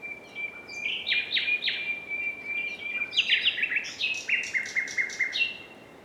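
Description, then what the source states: Common nightingale song of overlapping phrases: a long level whistle under bursts of crisp notes, then rich rapid repeated chirps. Several nightingales singing together in a concert, in quadraphonic sound.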